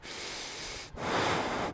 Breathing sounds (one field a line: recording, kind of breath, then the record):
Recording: one breath in and out by a microphone near the nose and mouth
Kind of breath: strong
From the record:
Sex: male